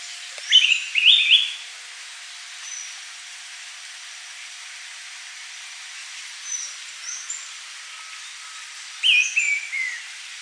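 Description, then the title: Bird song in short high twittering phrases: two loud ones near the start, fainter ones in between, and another loud burst near the end, over steady faint hiss. "LuckyPassaro Completos2Sama"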